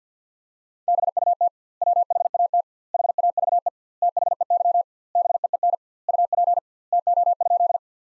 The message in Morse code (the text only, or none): BUT WHAT HAVE THEY BEEN UP TO?